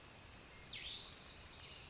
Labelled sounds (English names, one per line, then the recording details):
Brown Creeper
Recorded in Sonoma County, California